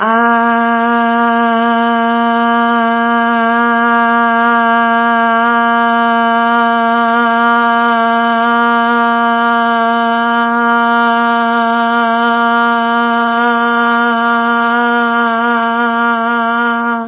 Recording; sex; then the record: sustained vowel /a/; female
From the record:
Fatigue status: no fatigue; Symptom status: asymptomatic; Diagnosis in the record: COVID-19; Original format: 3gp